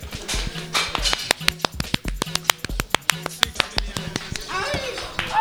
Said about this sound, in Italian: un applauso veramente con mille mani, mille mani.